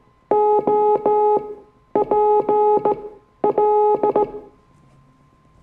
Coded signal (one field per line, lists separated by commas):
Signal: Morse code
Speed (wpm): 18 wpm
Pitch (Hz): 840 Hz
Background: music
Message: OPL